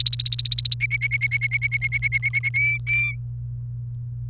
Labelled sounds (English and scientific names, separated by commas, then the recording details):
Domestic Canary (Serinus canaria) song
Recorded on 28 April 2018 at 11:19
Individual llb3